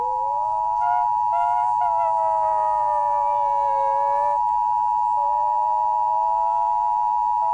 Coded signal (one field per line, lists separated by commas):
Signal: Emergency Alert System (SAME) tones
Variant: 853 and 960 Hz attention tone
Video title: EAS Scenario: Lentotally's Revenge BAD/WORST ENDING